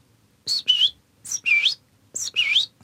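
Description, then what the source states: Great Tit calls: three quick two-note figures, each a high thin note followed by a lower whistled one. A very common, ordinary contact call.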